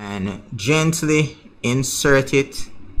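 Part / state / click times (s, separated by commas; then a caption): plastic side paddle into the slot on a mouse's side / not seated / none. A plastic extra-button side paddle is gently inserted into the slot on the side of a Razer Basilisk Ultimate HyperSpeed wireless gaming mouse with charging dock. Someone talks throughout, and no handling sounds stand out. The paddle has not snapped into place yet; nothing has seated or clicked.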